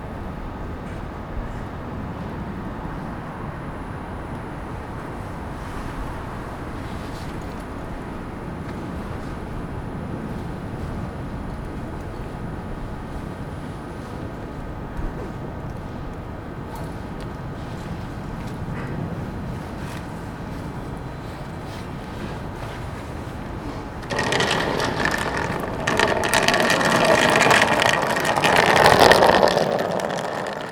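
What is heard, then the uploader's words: A cold station platform early in the morning, with a steady low rumble and faint murmur filling the first twenty-four seconds. A high thin whine runs faintly near the start. Around 24 seconds a louder, brighter clattering roar swells in, likely a train arriving, growing until the end. Captured early in the morning on a cold station platform. The temperature is -3c and the people waiting for the train are wearing winter clothing.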